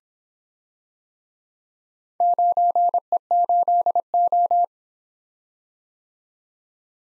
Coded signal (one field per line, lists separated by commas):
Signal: Morse code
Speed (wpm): 26 wpm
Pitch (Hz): 700 Hz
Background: none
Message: 9E8O